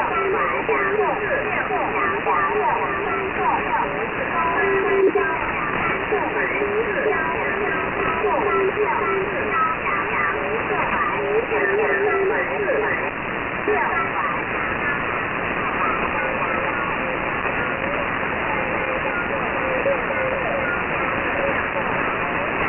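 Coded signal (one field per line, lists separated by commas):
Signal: numbers station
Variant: VC01 Chinese Robot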